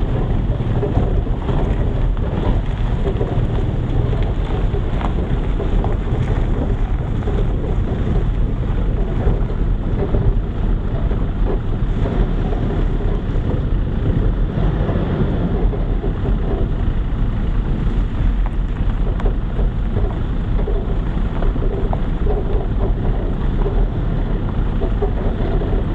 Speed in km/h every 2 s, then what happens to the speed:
14, 13, 12, 11, 11, 11, 13, 16, 15, 12, 13, 12, 11.
0-26 steady at about 12.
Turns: none.